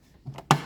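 The second plastic clasp on the back casing of a headlight unit from a 2006 UK Ford Focus Mk2 is popped open with one hand. A faint tap comes at 0.4 s, then a sharp, loud pop at 0.5 s as the clasp releases. A short ringing tail follows, and the clasp is confirmed open.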